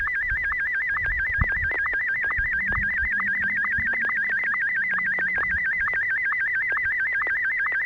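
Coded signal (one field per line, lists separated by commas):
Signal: SSTV (slow-scan television)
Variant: Martin M1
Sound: steady warbling high tone rapidly wobbling in pitch, interrupted by regular short ticks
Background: low hum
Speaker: in just one moment I'll be transmitting photograph and Martin one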